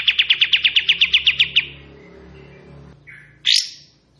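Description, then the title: Bulbul song: a fast run of about a dozen sharp, evenly spaced chipping notes for under two seconds, then a quiet pause and one loud rising whistled note. Bird in active singing form, delivering long 'tembakan' and 'besetan' song phrases; crisp recording meant for training white-rumped shama. "KAPAS TEMBAK GACOR TEMBAKAN DAN BESETAN PANJANG"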